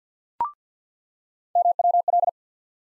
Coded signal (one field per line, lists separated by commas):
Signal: Morse code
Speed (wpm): 50 wpm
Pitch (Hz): 700 Hz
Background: none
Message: MWL